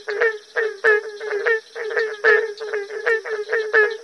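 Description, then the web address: Barking treefrog calls, loud hollow bark-like notes repeated in a quick steady series, with occasional sharp clicks. "Frog Calls Hyla gratiosa - Barking Treefrog"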